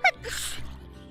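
A single sneeze: a short, high voiced intake followed by a sharp, hissing burst of air that fades within about half a second. It is an ordinary sneeze, with faint room noise afterward.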